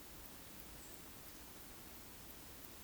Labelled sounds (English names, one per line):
Eurasian Woodcock whistle